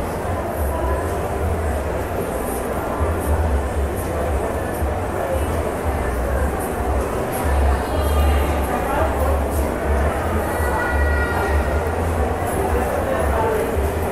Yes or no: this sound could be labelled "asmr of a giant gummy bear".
no